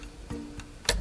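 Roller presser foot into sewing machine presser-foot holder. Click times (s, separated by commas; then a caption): 0.9 s. A sewing machine's presser-foot holder is lowered onto a metal roller presser foot. After a soft knock at 0.3 s and a light tick at 0.6 s, a sharp, bright snap at 0.9 s marks the foot seating firmly in the holder.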